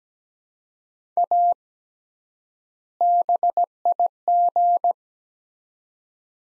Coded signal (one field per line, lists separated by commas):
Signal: Morse code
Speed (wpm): 17 wpm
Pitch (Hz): 700 Hz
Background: none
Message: A BIG